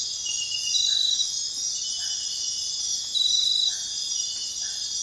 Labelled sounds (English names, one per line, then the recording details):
none
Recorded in dense forest near Puerto Asís, Putumayo, Colombia, on 19 February 2024 at 03:30
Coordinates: 0.500, -76.322
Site G6465